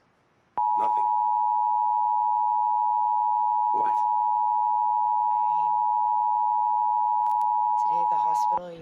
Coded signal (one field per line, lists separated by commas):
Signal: Emergency Alert System (SAME) tones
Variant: 853 and 960 Hz attention tone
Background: speech